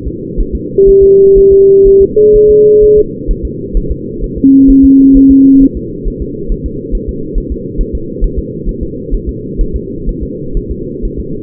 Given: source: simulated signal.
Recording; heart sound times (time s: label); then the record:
fetal heart sounds
0.08 s: S2
0.40 s: S1
0.55 s: S2
0.89 s: S1
1.03 s: S2
1.38 s: S1
1.52 s: S2
1.88 s: S1
2.02 s: S2
2.36 s: S1
2.50 s: S2
2.84 s: S1
2.98 s: S2
3.31 s: S1
3.45 s: S2
3.77 s: S1
3.91 s: S2
4.24 s: S1
4.38 s: S2
4.70 s: S1
4.85 s: S2
5.17 s: S1
5.31 s: S2
5.63 s: S1
5.77 s: S2
6.08 s: S1
6.22 s: S2
6.52 s: S1
6.66 s: S2
6.95 s: S1
7.09 s: S2
7.38 s: S1
7.52 s: S2
7.81 s: S1
7.95 s: S2
8.24 s: S1
8.38 s: S2
8.69 s: S1
8.83 s: S2
9.15 s: S1
9.29 s: S2
9.61 s: S1
9.76 s: S2
10.09 s: S1
10.23 s: S2
10.57 s: S1
10.71 s: S2
11.05 s: S1
11.20 s: S2
From the record:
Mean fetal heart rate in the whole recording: 130 bpm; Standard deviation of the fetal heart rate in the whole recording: 4 bpm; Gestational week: 38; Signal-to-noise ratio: -6.6 dB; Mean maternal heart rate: 72 bpm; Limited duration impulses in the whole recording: present